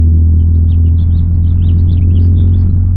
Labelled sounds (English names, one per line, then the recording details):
House Finch song
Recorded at WGilgo Beach on Long Island, New York, on 22 May 1975
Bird F